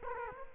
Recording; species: mosquito wingbeat signal from an infrared sensor; Culex quinquefasciatus